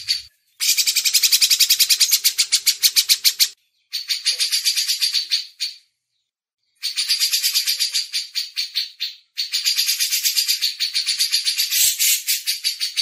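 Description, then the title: Grey-cheeked bulbul chattering harshly in several long runs of rapid scratchy notes, broken by short pauses. Masteran training audio. "MASTERAN CUCAK JENGGOT"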